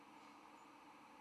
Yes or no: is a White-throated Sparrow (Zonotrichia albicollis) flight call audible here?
no